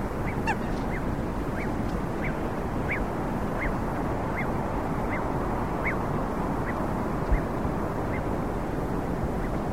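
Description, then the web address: Crested duck calls as a steady run of short, clipped notes spaced under a second apart, with a brief higher squeak at the start and low rumble throughout. "cantos patocreston"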